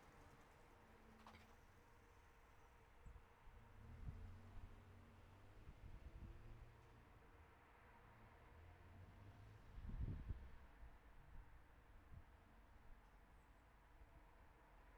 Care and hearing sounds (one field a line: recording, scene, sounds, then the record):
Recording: everyday scene through a hearing-aid microphone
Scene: in traffic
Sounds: traffic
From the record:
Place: city secondary road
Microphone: behind the ear, right, rear